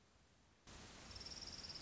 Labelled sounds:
Orange-crowned Warbler
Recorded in Sonoma County, California

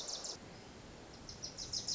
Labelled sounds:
Wilson's Warbler
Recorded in Sonoma County, California

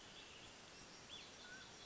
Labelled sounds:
Mountain Quail
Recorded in Sonoma County, California

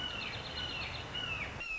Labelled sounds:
Red-shouldered Hawk
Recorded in Sonoma County, California

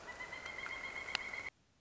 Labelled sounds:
Pileated Woodpecker
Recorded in Sonoma County, California

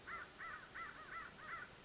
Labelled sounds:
American Crow
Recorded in Sonoma County, California

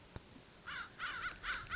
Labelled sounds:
American Crow
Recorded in Sonoma County, California

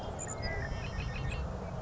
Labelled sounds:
Savannah Sparrow
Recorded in Sonoma County, California

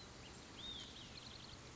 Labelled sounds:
Olive-sided Flycatcher
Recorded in Sonoma County, California

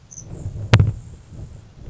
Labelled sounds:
Grasshopper Sparrow
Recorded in Sonoma County, California

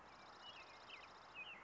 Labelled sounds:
American Robin
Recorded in Sonoma County, California

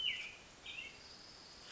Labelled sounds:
American Robin
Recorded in Sonoma County, California

